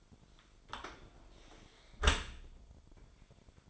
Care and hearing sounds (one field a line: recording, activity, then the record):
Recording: daily activity, microphone in the room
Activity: close dishwasher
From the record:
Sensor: 5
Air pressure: 1003.2 hPa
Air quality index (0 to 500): 129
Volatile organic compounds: 1 ppm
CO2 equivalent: 942 ppm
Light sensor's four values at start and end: 81/197/83/94 and 80/192/81/92